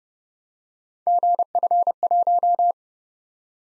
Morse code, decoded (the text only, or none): GF1